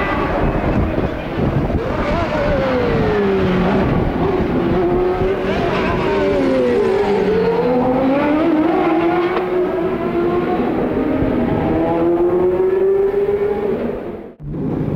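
IndyCar race cars roar continuously, engine pitches sliding down and up as they pass, with a brief dip near fourteen seconds.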